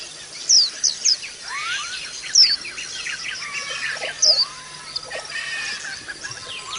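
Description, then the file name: White-eye song: high thin chirps and sliding whistles in a busy, uneven chatter, with occasional sharp high accents and a low steady hum. White-eye (pleci) song used as audio therapy for cage birds. "audio-terapi-pleci-5-omkicau"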